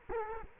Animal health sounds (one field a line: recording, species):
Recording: mosquito wingbeat signal from an infrared sensor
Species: Culex quinquefasciatus